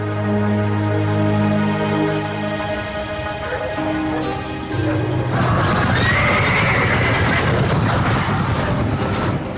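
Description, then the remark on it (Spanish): Horses whinny with loud, drawn-out neighs that rise and fall in pitch, followed by a busy stretch of hooves clip-clopping and more neighing over a steady rumble. “La región de Ordo se prestaba al cultivo por parte de los granjeros, pero también al acoso de los criadores de caballos nómadas.”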